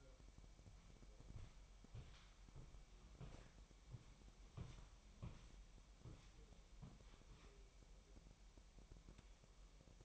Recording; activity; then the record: daily activity, microphone in the room; walk to room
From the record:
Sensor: 1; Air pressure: 1002.0 hPa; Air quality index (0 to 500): 248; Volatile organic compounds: 53 ppm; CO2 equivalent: 3336 ppm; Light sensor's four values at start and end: 8/20/8/9 and 8/19/8/9